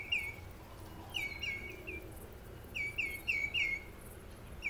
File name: Common Greenshank Calls Of Two Or Three Taking Off For Migration